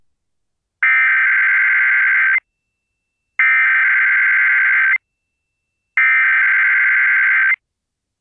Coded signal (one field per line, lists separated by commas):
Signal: Emergency Alert System (SAME) tones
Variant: header bursts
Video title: WHAM EAS Required Monthly Test (06/09/22) [Rochester, NY]